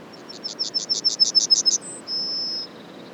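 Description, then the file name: Yellowhammer song: a rapid series of high chips building in volume, a short high note, then a long sustained lower closing tone. Les Alisiers, 21 July 2020; several yellowhammers. "200721-11-bruants-jaunes-Les-Alisiers"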